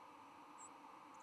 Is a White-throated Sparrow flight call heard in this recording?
no